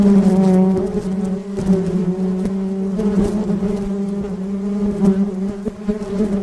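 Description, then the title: Buzzing bees, a loud low steady drone that wavers slightly in volume, with faint clicking sounds mixed in. "蜜蜂聲"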